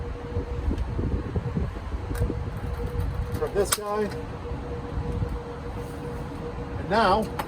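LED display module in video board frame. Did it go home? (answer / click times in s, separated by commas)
no / none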